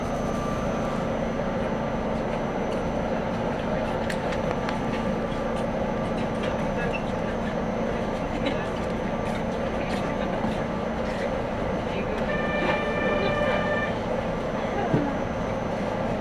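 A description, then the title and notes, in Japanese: A ride on a Yokkaichi Asunarou Railway train, carried by a steady, dense rumble with a low hum and a thin high whine throughout. Scattered clicks and rattles come and go, and from about 12 to 14 seconds a brief tonal chime sounds over the noise. 四日市あすなろう鉄道 内部→日永→西日野→日永。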